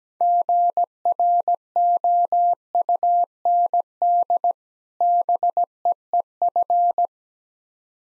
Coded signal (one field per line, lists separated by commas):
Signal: Morse code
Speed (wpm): 17 wpm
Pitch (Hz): 700 Hz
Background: none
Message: GROUND BEEF